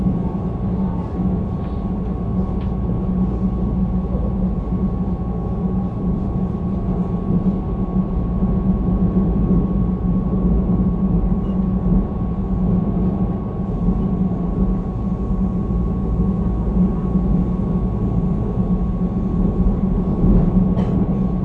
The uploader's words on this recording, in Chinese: 深夜十點桃園北上區間車。